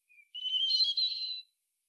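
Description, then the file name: European robin: a thin high note, then a rapid, slightly trilled high phrase lasting about a second, with a quiet background. "Erithacus rubecula"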